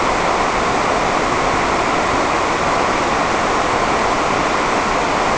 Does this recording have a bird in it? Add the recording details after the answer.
no. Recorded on Arctic tundra, site NAIT-1, on 28 June 2018. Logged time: 07:00